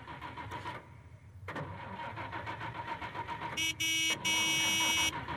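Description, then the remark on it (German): A car engine cranks and rumbles into a rough, steady idle, then a loud horn blares in two blasts, a short one followed by a longer one. “Aber ich kann ja schon mal den Motor anlassen, ja?”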